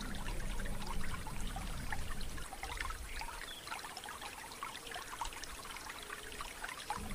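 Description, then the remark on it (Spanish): Water trickles and burbles steadily in a small stream, a continuous bright babble of tiny splashes, with a low rumble under the first two seconds that then drops away. “Sí, para mí es el brazo de un arroyito.”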